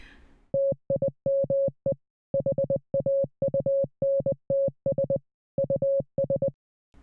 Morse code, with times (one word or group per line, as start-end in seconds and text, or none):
0.5-1.9 TIME
2.3-5.2 HAUNTS
5.6-6.5 US